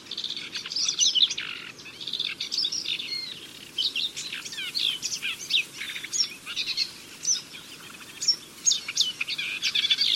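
Bird chattering continuously with quick high-pitched chirps, trills and sharp tweets in an unbroken jumble, over soft steady background noise.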